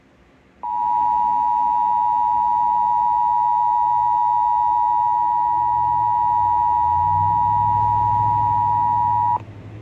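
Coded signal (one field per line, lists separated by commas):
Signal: Emergency Alert System (SAME) tones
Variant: 853 and 960 Hz attention tone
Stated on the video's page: EAS SAME tones from a Northwest Michigan Required Monthly Test on a broadcast station.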